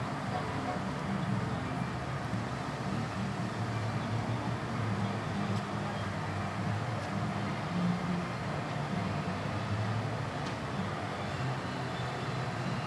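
Crowd noise fills a walk through the Universal Studios Florida theme park, a steady dense murmur of voices with a low rumble like passing vehicles underneath. Loudness stays even throughout, with a few faint clicks and brief brighter sounds scattered across the thirteen seconds.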